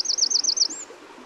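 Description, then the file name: Eurasian wren giving a rapid series of high, bright notes, evenly spaced, ending in a thin, higher note. "Troglodytes troglodytes"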